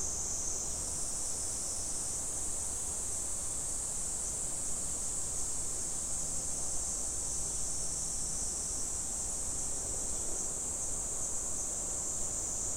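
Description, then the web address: Cicada giving a continuous, shrill high-pitched drone that holds steady throughout, with a low background rumble. Recorded 19 July 2011. "fukudai cicada"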